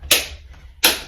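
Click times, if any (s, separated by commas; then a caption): 0.1 s, 0.8 s. A cordless cellular shade head rail, its front lip hooked under the front of the wall-mounted brackets, is pushed up into the brackets. Two sharp snaps are heard at 0.1 s and 0.9 s as it snaps into the back of each bracket. The head rail is seated.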